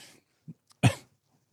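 One sharp, explosive cough from an adult woman with COVID rises abruptly from quiet and fades within about a quarter second. It is preceded by a faint breathy noise and a soft throaty sound. A single forceful cough burst, with no wheeze or whoop.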